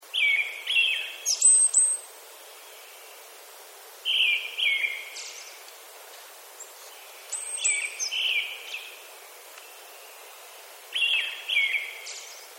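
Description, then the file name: Brown-headed thrush singing short phrases of two or three clear whistled notes ending in a thin high flourish, repeated with pauses of a few seconds between. "akahara"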